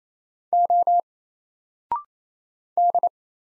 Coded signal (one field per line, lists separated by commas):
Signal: Morse code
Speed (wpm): 28 wpm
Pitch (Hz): 700 Hz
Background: none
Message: O D